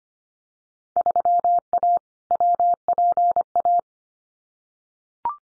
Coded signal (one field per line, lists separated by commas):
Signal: Morse code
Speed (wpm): 25 wpm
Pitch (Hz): 700 Hz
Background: none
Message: 3A WPA